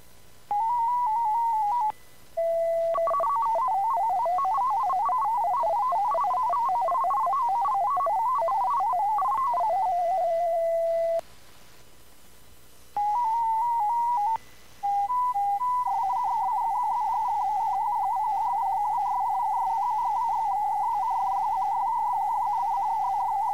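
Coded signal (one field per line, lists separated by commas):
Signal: multi-tone FSK (Olivia or MFSK type)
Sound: rapid warbling tone hopping among pitches, with short gaps and a steady start tone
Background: faint steady high tone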